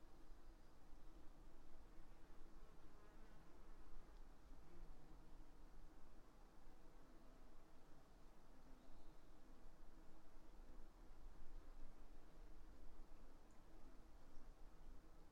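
A late spring afternoon in a stand of quaking aspen under tall ponderosa pines beside a meadow, filled with a steady, dense hum of buzzing insects like bees and flies. The drone stays even throughout, over a constant low rumble, with faint high chirps now and then.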